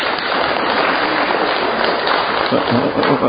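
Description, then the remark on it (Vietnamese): Steady applause from an audience at a priest's sermon fills the whole stretch, a dense, even wash of many hands clapping at a constant, fairly loud level with no voices standing out. “Cho một tràng vỗ tay thưa anh chị em.”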